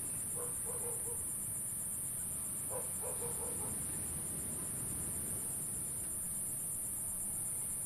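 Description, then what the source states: Insect call as a constant, piercing high buzz with rapid pulsing throughout, above washing surf; two brief bursts of lower chirpy sounds appear in the first half. Insect calls zapping above calm ocean waves at Phan Rang, recorded by Kit Wilmans Fegradoe.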